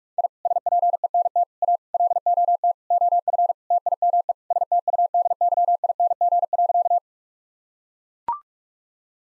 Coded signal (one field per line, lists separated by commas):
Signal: Morse code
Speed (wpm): 42 wpm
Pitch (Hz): 700 Hz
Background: none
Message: I SPENT A LOT OF TIME STUDYING.